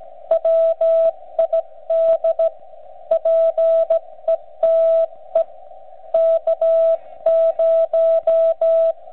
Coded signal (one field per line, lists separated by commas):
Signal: Morse code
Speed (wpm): 15 wpm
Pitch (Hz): 660 Hz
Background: none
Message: WID PETE K0